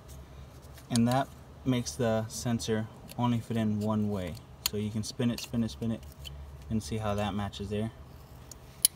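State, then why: Seated. On a 2000 Honda Civic, the electrical plug is lined up by its keyed indent, turned to match, and pushed onto the coolant temperature sensor in the thermostat housing while someone talks. A sharp click at 8.9 s, just after a faint tick, shows the connector has seated.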